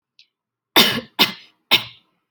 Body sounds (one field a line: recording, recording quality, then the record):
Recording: shallow voluntary cough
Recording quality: excellent, no background noise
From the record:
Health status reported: healthy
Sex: female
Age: 20 years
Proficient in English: yes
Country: India